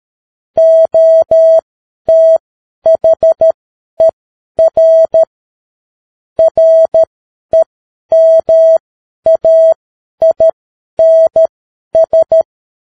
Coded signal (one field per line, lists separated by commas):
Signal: Morse code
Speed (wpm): 13 wpm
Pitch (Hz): 650 Hz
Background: none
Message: OTHER REMAINS